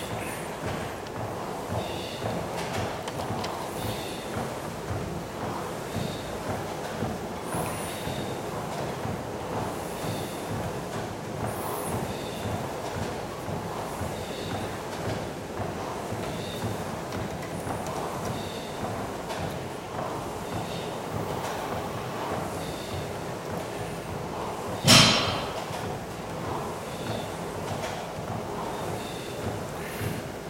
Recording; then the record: deep breathing after running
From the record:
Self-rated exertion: light exertion (2 of 6); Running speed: 7 miles an hour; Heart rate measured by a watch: 127 beats a minute at the start, 116 at the end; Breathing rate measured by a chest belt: 16 breaths a minute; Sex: male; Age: 33 years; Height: 178 cm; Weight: 73 kg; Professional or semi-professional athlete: no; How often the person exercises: 1 to 2 times a week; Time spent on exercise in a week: under 1 hour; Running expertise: no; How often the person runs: under once a week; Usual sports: tennis